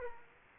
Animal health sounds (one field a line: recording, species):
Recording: mosquito wingbeat signal from an infrared sensor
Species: Aedes aegypti